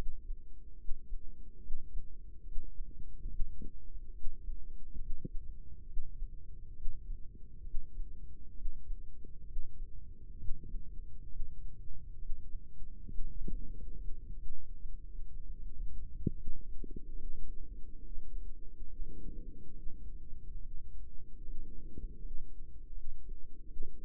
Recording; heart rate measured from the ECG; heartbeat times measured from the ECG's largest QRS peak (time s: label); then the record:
heart sounds by microphone in the right ear; 71 bpm
0.74 s: heartbeat
1.57 s: heartbeat
2.41 s: heartbeat
3.25 s: heartbeat
4.10 s: heartbeat
4.96 s: heartbeat
5.83 s: heartbeat
6.71 s: heartbeat
7.60 s: heartbeat
8.51 s: heartbeat
9.42 s: heartbeat
10.34 s: heartbeat
11.25 s: heartbeat
12.15 s: heartbeat
13.04 s: heartbeat
13.92 s: heartbeat
14.77 s: heartbeat
15.55 s: heartbeat
16.32 s: heartbeat
17.13 s: heartbeat
17.97 s: heartbeat
18.83 s: heartbeat
19.69 s: heartbeat
20.57 s: heartbeat
21.41 s: heartbeat
22.17 s: heartbeat
22.90 s: heartbeat
23.64 s: heartbeat
From the record:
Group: healthy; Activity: breath hold 0-12 s, rest 12-24 s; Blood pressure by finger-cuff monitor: 101/62 mmHg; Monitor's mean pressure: 72 mmHg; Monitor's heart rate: 70 bpm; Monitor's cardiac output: 5.7 L/min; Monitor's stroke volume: 81 mL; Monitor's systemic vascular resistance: 890 dyn s/cm5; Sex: female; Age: 22 years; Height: 171 cm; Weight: 65.6 kg